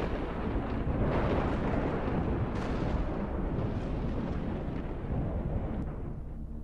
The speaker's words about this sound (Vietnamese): Khi đoàn người đi khuất thì có tia sét kéo dài đánh thẳng xuống sân nhà ông ngoại, nghe đánh đùng một cái đinh tai nhức óc.